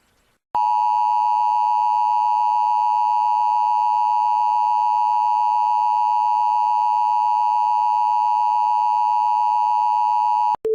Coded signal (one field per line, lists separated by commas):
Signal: Emergency Alert System (SAME) tones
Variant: 853 and 960 Hz attention tone